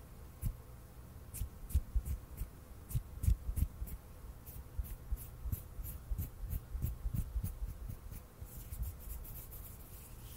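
Hand sounds, made of quick rubbing and scratching strokes that come in bursts about every half second for most of the ten seconds. Each stroke has a crisp, bright scrape with soft low thumps beneath, over a faint steady hum.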